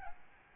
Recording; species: mosquito wingbeat signal from an infrared sensor; Aedes albopictus